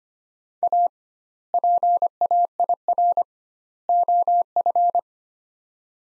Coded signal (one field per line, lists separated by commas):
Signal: Morse code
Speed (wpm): 25 wpm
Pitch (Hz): 700 Hz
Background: none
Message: A PAIR OF